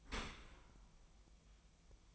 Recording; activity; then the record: daily activity, microphone in the room; open dishwasher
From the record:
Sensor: 1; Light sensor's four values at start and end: 9/21/8/9 and 9/22/8/9